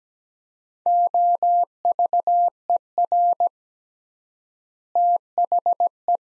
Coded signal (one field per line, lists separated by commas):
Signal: Morse code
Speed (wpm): 17 wpm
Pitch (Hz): 700 Hz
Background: none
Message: OVER THE